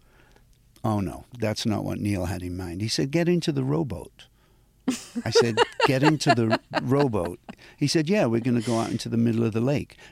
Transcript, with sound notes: Oh, no. That's not what Neil had in mind. He said get into the rowboat.
(LAUGHTER)
I said get into the rowboat? He said, yeah, we're going to go out into the middle of the lake.